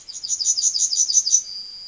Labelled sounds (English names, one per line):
Yellowhammer song